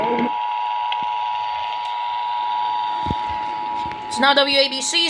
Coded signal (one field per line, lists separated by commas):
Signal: Emergency Alert System (SAME) tones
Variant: 853 and 960 Hz attention tone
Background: speech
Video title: NYC RMT from 7/9/25 EAS's #721-723